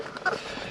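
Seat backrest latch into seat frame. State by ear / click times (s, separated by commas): not seated / none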